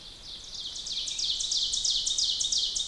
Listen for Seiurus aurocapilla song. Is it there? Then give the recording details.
yes. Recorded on 2 June 2016 at 05:19. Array SBT-3-7